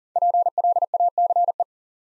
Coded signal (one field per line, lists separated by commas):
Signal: Morse code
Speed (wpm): 40 wpm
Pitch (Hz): 700 Hz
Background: none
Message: PLACE